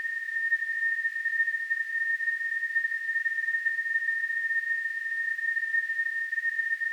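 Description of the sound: A steady, unbroken high-pitched tone near 1.8 kHz, with a soft hiss above it, lasts the full seven seconds without changing. It is a simulation of tinnitus, the ringing or whistling in the ears that no outside source produces.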